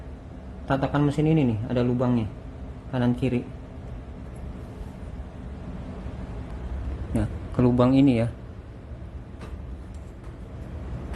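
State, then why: Not seated. A sewing machine attachment for a Butterfly JH 8190A sewing machine is lined up over the left and right mounting holes on the machine, ready to be pressed in. Someone talks, and there are brief handling sounds around 7.2 s and 7.6 s. Nothing has seated or clicked yet.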